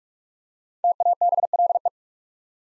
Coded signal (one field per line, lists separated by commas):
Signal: Morse code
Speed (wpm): 46 wpm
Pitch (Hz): 700 Hz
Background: none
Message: TABLE